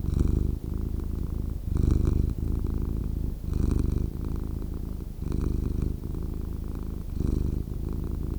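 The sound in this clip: Cat purring strongly, a deep rumble pulsing with each breath.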